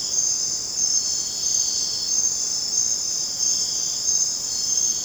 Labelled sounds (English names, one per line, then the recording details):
none
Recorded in dense forest near Puerto Asís, Putumayo, Colombia, on 23 June 2025 at 23:30
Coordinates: 0.484, -76.317
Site G045